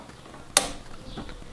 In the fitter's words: That snap is what you're looking for.